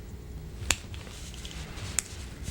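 A plastic fuel tank is snapped off the chassis of a model locomotive, possibly with help from a small screwdriver. Two sharp, loud snaps are heard at 0.7 s and 2.0 s, with fainter ticks in between. The fuel tank is released.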